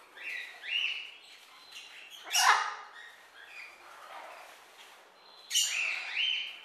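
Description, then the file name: Bird chirping, scattered sharp chirps and short whistled notes over a steady background hiss. "Birds chirping and tweeting"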